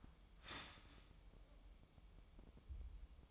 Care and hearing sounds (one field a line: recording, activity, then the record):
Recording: daily activity, microphone in the room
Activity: start toaster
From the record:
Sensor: 1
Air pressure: 988.6 hPa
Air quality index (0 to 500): 197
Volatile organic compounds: 940 ppm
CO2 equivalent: 5236 ppm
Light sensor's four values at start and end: 25/94/35/37 and 25/94/35/37